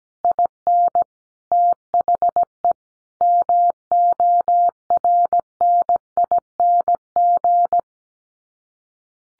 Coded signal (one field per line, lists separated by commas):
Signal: Morse code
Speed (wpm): 17 wpm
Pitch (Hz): 700 Hz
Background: none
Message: IN THE MORNING